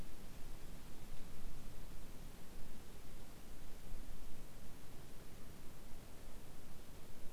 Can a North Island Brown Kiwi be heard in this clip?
no